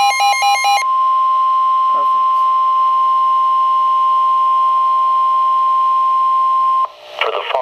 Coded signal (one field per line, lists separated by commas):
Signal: Emergency Alert System (SAME) tones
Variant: 1050 Hz attention tone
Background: speech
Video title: 12-26-12: [EAS #704] High Wind Warning for Coastal NJ